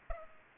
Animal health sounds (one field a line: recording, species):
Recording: mosquito wingbeat signal from an infrared sensor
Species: Aedes aegypti